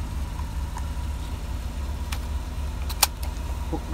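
A seatbelt tongue is pushed into its buckle during a repair of a kei truck, over a steady low engine-like hum with a couple of faint ticks. A sharp latch click at 3.0 s shows the buckle has latched and locked.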